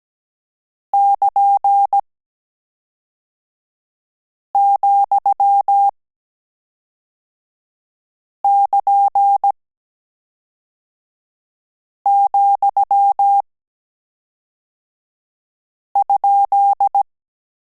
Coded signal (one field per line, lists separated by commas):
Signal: Morse code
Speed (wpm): 17 wpm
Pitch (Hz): 800 Hz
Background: none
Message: <KN>,<KN>,?